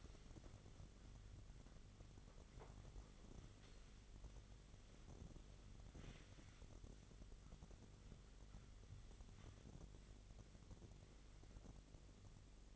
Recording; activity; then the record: daily activity, microphone in the room; wipe stove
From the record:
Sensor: 4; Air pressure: 1004.0 hPa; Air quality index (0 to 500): 156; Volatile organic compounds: 2 ppm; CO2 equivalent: 1112 ppm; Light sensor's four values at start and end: 12/28/12/13 and 12/28/12/12